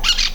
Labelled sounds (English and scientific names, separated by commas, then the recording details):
Brown-throated Parakeet (Eupsittula pertinax) contact call
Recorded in Venezuela
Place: Cerro Saroche, Hato Dalmatela, Edo. Lara
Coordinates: 10.149, -69.534